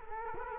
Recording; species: mosquito wingbeat signal from an infrared sensor; Culex quinquefasciatus